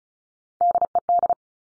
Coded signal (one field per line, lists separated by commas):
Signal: Morse code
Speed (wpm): 36 wpm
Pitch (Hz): 700 Hz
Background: none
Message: DED